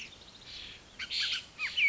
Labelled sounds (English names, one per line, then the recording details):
Bullock's Oriole
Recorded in Sonoma County, California